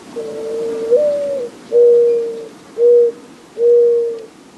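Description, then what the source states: Mourning Dove song: a long, low coo that lifts slightly in the middle, followed by three shorter, even coos at roughly one-second intervals. Soothing cooing song.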